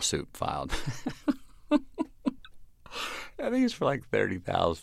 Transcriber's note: laughter